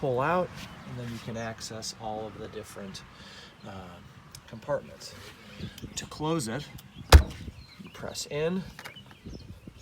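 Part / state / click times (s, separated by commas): pop-out latch handle going into an RV exterior compartment door / not seated / none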